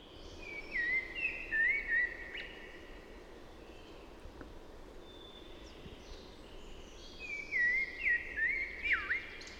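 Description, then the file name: Common blackbird singing two mellow fluted phrases of warbled whistles, separated by a pause of several seconds. "Turdus merula"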